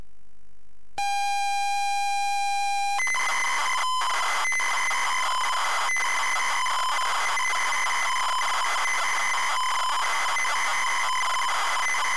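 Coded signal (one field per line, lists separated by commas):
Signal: ZX Spectrum tape loading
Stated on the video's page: ZX Spectrum tape loading of Paperboy on a ZX Spectrum +3 from a WH Smith CPD8300 cassette player.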